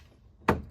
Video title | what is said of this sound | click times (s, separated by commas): HOW TO CHANGE EXTERIOR HANDLE ON A 2021-2026 FORD F-150 | You'll hear a little click. | 0.5 s